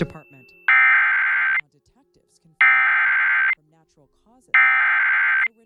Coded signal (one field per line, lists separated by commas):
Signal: Emergency Alert System (SAME) tones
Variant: header bursts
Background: speech